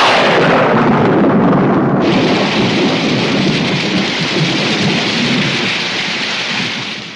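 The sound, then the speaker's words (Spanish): A heavy rumble of thunder rolls under a steady hiss of pouring rain, with the rain brightening and thickening after a couple of seconds before slowly fading at the end. “¿Podría ser peor? ¿Cómo? ¿Podría llover?”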